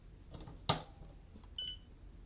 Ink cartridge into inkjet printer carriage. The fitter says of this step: and with one finger you're going to press it until it clicks